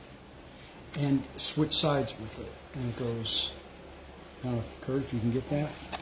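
Someone talks while the sliding flap of a duplex slate magic prop is pushed up and switched to the other side, with soft handling noises. The flap has not seated or locked into place yet, and no click is heard.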